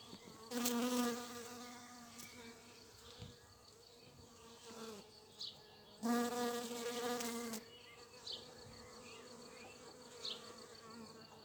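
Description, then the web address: Bee buzzing in flight, two loud humming passes several seconds apart, with soft background hiss and faint sounds between. Flight sounds of bumblebees and bees in the local area; date code 220507. "Vols Bourdnabeilles 220507-Abeillesducoin"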